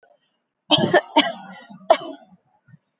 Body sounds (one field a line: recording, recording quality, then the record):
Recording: shallow voluntary cough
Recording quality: moderate, slight background noise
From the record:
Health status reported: recovered from COVID-19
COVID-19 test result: negative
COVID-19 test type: RT-PCR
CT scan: not taken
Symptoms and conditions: none ticked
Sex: female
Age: 29 years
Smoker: no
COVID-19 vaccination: both doses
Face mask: worn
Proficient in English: yes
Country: India